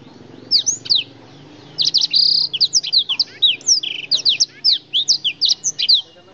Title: Kicau Kacer